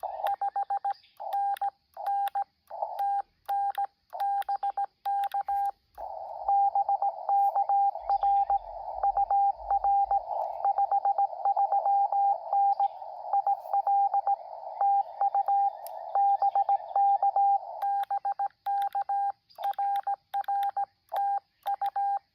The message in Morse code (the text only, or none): 5NN TN BK BK R UR 53N IL TU BK BK RR TU